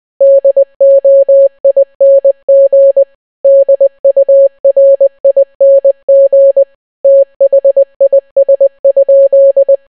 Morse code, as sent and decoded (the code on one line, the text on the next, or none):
-.. --- .. -. --. / -.. ..- .-. .. -. --. / - .... .. ... ..--..
DOING DURING THIS?